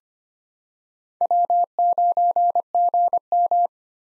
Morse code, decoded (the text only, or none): W9GM